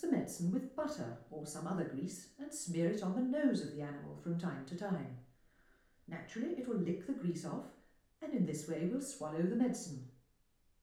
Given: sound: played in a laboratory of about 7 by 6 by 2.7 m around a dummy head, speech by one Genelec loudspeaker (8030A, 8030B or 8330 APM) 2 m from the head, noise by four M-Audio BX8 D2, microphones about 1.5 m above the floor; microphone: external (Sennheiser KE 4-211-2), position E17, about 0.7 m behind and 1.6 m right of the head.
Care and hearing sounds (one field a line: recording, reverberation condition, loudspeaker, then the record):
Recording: female speech in English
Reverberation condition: medium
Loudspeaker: 60 degrees to the right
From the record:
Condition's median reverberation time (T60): about 510 ms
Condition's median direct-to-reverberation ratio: about -0.5 dB